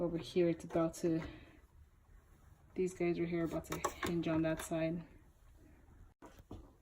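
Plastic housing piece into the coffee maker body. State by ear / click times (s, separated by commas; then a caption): seated / 6.5 s. Someone talks while reassembling a Keurig K200 coffee maker, hinging a second plastic housing piece over and pressing it into the coffee maker body. After the talking stops, a quiet snap is heard at 6.5 s as the plastic piece snaps into place on its hinge and seats.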